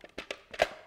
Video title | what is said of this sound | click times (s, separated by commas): How to Assemble Your Kuvings Cold Press Juicer | and that will click into place | 0.6 s